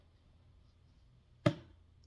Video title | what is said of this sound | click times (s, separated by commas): UNBOXING MY EUROPEAN GUCCI BAG | you heard that did you hear that snap | 1.5 s